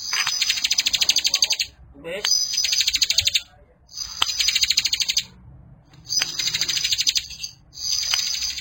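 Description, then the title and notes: Bar-winged prinia song: high, buzzy trilled bursts of rapid ticking notes, five phrases with short pauses between, the last cut off. Compilation of bar-winged prinias singing in full, energetic voice, and of young birds. "Kicau Ciblek. kumpulan suara burung ciblek gacor dan anakan"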